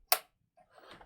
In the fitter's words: going to be utilizing one of the two LAN ports here click it in you'll hear it click and then